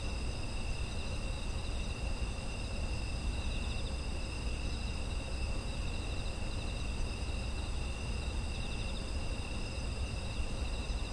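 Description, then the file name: Insects calling in a steady chorus of several high, continuous trilling bands, over a constant low rumble. Autumn insect ambience. "秋の虫の環境音"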